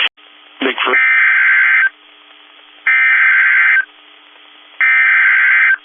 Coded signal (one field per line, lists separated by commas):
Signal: Emergency Alert System (SAME) tones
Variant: header bursts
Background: speech